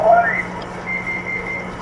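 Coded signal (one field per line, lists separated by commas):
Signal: none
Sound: radio roger beep tones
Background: speech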